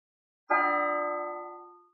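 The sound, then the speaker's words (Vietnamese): A single bell strike rings out from a distant imperial palace, carrying to Nhạn Minh Lake, its bright layered tones humming steadily before slowly fading away, with no voices. “Tiếng chuông từ hoàng cung xa xôi cuối cùng cũng truyền đến hồ Nhạn Minh.”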